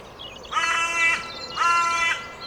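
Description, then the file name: Carrion crow giving two drawn-out, harsh, grating caws about a second apart. "Corvus corone"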